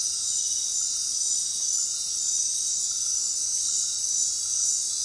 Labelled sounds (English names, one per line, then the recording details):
none
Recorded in dense forest near Puerto Asís, Putumayo, Colombia, on 21 February 2024 at 20:30
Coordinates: 0.466, -76.327
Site G6413